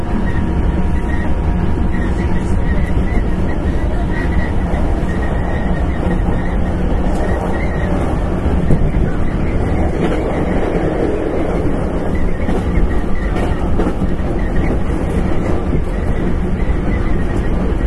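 An express train on the Kyoto Line runs steadily, a dense low rumble of wheels and motors that holds an even level for the whole stretch. Faint rhythmic clicks of rail joints come through, and a thin tone sounds early on before fading.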